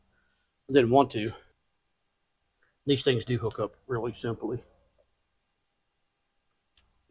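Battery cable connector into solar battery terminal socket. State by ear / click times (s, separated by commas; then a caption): seated / 6.8 s. Someone talks while wiring new solar batteries, then pushes a battery cable connector into its solar battery terminal socket. A single sharp click is heard at 6.8 s as the connector seats in place.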